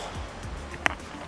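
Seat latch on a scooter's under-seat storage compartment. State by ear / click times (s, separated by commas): released / 0.9 s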